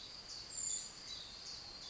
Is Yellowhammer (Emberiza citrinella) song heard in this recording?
no